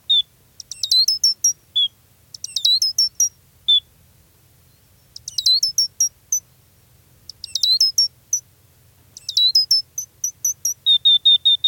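Gray's lark calls: repeated bursts of high, sharp, falling chirps, mixed with single thin whistles and ending in a quick run of even notes.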